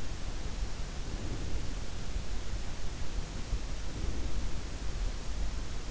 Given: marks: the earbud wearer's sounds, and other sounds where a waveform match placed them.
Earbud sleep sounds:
sounds in sleep by an in-ear microphone; breath
0.96-1.82 s: breath
3.67-4.78 s: breath

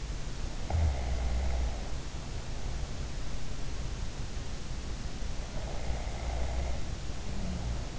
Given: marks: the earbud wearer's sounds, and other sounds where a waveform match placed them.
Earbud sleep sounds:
sounds in sleep by an in-ear microphone; snoring breath
0.66-2.99 s: snoring breath
5.54-7.99 s: snoring breath

